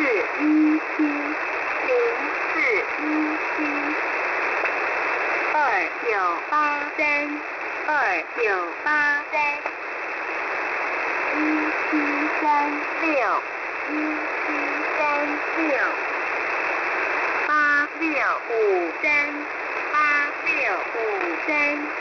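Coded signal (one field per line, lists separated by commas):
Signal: numbers station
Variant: V13, Chinese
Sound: mandarin voice reading four-digit groups, each repeated twice, over heavy shortwave noise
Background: radio static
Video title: V13 New Star Broadcasting 10/06/2024 1230 UTC 13974kHz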